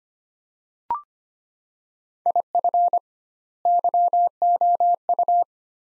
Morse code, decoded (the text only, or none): IF YOU